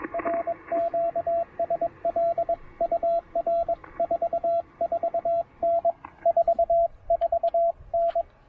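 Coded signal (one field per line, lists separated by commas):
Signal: Morse code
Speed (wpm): 21 wpm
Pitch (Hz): 690 Hz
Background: radio noise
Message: RQSL UR 44N 4 4 N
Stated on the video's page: CW from a POTA activation using the Penntek TR-45L with its Z-Match tuner and internal battery.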